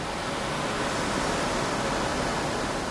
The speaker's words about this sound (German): Was sich anhört wie 100 nebeneinander föhnende Haartrockner, sind in Wirklichkeit Server. Ein ganzer Raum voller Server.